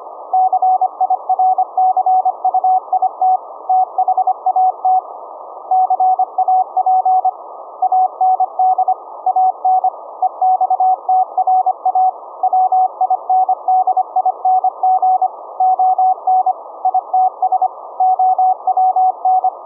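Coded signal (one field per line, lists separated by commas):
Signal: Morse code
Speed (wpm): 25 wpm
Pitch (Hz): 750 Hz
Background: none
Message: CIRCUIT THAT CAP AND AN EXTRA WINDING ON ITS OWN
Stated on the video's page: 1-watt QRP VLF CW at 17.650 kHz, sent from a Raspberry Pi USB sound card into a 21-foot delta loop, received via ferrite-core Tesla coil and SDR.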